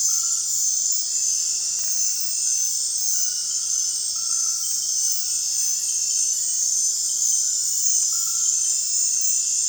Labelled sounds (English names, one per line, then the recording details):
none
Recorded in dense forest near Puerto Asís, Putumayo, Colombia, on 25 June 2025 at 20:00
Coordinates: 0.468, -76.322
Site GP03